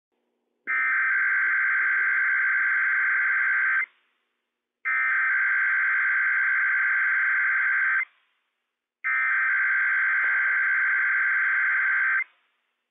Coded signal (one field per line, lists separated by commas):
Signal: Emergency Alert System (SAME) tones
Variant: header bursts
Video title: Inland Northwest RWT - WWF56 - EAS #90 - 10:01 AM PDT 5/4/21